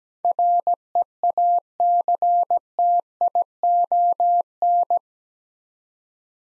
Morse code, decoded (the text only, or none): REACTION